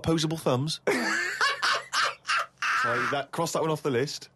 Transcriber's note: soundbite of laughter